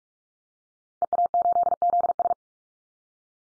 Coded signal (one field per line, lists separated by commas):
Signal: Morse code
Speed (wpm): 44 wpm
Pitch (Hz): 700 Hz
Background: none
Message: EA8ZS